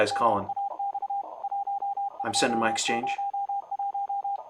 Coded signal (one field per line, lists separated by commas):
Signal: Morse code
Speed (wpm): 32 wpm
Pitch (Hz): 800 Hz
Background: speech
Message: MAX 1201